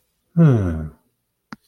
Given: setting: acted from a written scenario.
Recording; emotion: vocal sound without words; contentment